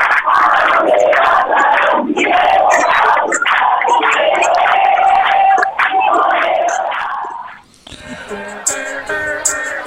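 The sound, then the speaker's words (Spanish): A crowd shouts and chants loudly and continuously for about eight seconds at the close of a court verdict ending a trial, a dense roar of many voices, then it cuts to quieter, scattered sounds and murmuring. “Ese grito de cierre de veredicto en general sirve para tratar de entender si la gente terminó de acuerdo con lo que sucedió allí o no.”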